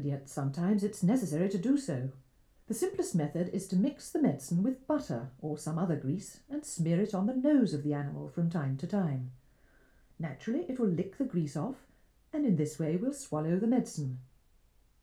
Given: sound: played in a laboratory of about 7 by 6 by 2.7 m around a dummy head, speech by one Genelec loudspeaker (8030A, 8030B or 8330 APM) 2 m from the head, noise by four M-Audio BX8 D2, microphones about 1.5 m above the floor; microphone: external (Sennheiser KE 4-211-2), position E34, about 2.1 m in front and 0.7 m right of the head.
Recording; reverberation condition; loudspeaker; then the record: female speech in English; low; in front (0 degrees)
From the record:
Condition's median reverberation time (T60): about 310 ms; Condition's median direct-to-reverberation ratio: about 3.5 dB